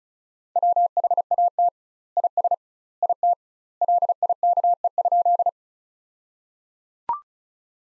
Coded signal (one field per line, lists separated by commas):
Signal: Morse code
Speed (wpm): 36 wpm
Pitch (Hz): 700 Hz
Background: none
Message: WHAT IS IT LIKE?